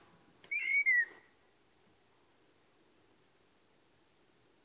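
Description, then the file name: Common blackbird whistle: a single short fluty phrase that wavers and slides downward, then silence until a tiny note at the very end. "Turdus merula"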